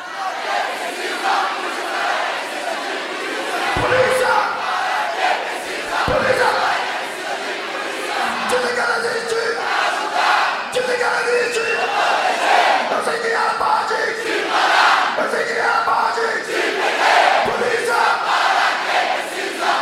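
A large concert crowd shouts and cheers continuously, a loud, dense roar of many voices rising and falling for the whole stretch, with occasional sharper bursts of yelling.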